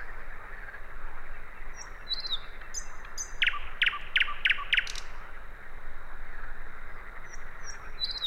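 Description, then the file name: Common nightingale song, high whistled notes followed by a run of five loud, evenly spaced sharp notes, then more thin whistles, over constant hiss. "Luscinia megarhynchos"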